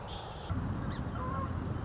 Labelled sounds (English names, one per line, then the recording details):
Song Sparrow
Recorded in Sonoma County, California